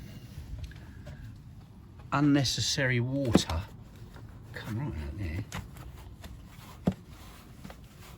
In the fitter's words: You can hear it popping back.